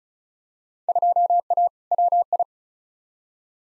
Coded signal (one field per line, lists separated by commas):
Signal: Morse code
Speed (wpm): 34 wpm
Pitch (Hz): 700 Hz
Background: none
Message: 2A WI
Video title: Field Day Exchange v2 - 35wpm